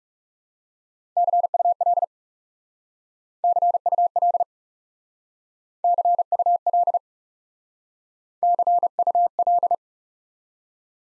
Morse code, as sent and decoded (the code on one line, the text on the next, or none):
-.-. ..- .-.. / -.-. ..- .-.. / -.-. ..- .-.. / -.-. ..- .-..
CUL CUL CUL CUL